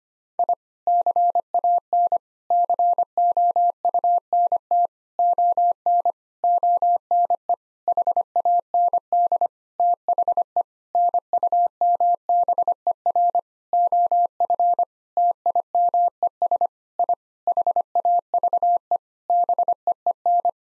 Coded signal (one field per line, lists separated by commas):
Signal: Morse code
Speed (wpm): 25 wpm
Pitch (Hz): 700 Hz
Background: none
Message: I CAN COUNT ON ONE HAND THE NUMBER OF TIMES I HAVE BEEN